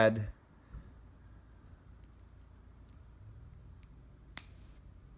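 Someone talks briefly at the start, then a Yinyoo 6-core MMCX replacement cable's plug is pressed onto the MMCX socket of an in-ear monitor, with a few faint ticks along the way. A single sharp snap at 4.4 s marks the plug seating firmly with a snug fit.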